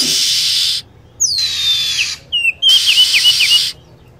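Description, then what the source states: Lovebird calls: a harsh, hissing screech burst, then high whistled notes sliding down, and a rapid run of short chirps with more screeching. Lure sound used for attracting lovebirds.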